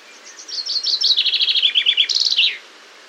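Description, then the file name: Common chaffinch singing one phrase: quick repeated notes stepping lower in pitch, ending with a loud final flourish, then quiet. "Fringilla coelebs"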